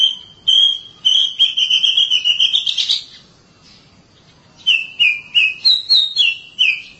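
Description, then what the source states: Oriental magpie-robin song: a long warbled whistle with a rapid trill underneath, a pause, then a series of repeated downslurred whistled notes. Long-duration song.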